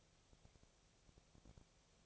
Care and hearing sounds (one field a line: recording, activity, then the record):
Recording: daily activity, microphone in the room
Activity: no activity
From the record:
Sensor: 1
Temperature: 19.6 degrees Celsius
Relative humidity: 36.4%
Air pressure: 997.0 hPa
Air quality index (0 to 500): 204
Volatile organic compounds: 129 ppm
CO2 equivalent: 3923 ppm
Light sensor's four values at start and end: 1/2/1/1 and 1/2/1/1